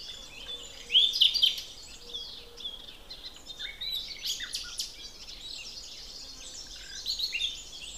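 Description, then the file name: Common nightingale phrase of loud whistles and chatter near the start, followed by a jumble of quicker, quieter chirps and twitters. "Luscinia megarhynchos"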